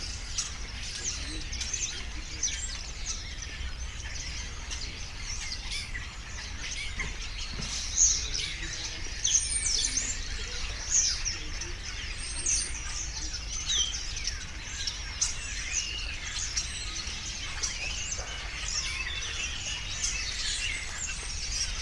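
Starlings chatter in a dense, continuous mix of whistles, clicks and squeaky calls, all high and bright, with sharper whistled notes standing out around eight to thirteen seconds. A low steady rumble sits underneath throughout.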